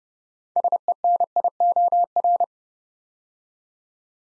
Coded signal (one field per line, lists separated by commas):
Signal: Morse code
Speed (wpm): 29 wpm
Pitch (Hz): 700 Hz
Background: none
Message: SENIOR